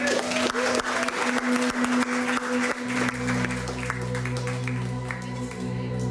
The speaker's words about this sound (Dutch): Geef hem maar vast een groot applaus.